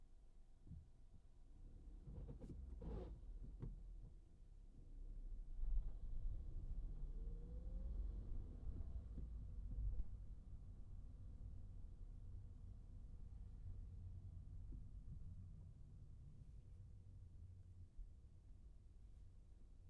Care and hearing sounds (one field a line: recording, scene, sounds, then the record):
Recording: everyday scene through a hearing-aid microphone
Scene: in a vehicle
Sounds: engine, traffic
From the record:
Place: Skoda Fabia, gasoline engine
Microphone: behind the ear, right, rear